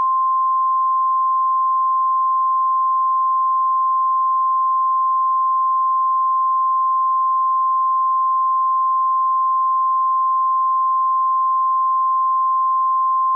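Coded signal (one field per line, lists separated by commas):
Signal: Emergency Alert System (SAME) tones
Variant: 1050 Hz attention tone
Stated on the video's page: Fictional EAS scenario built with Balabolka and Audacity.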